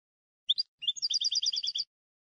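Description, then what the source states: European goldfinch song: short chirps followed by a quick run of repeated liquid twittering notes, lasting about a second; quiet background. Clean goldfinch song for song training by copying.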